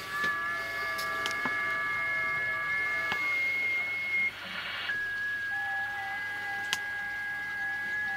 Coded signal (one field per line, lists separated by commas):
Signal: FT8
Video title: Decoding weak signal FT8 data with a cheap CRT SS6900N. Awesome.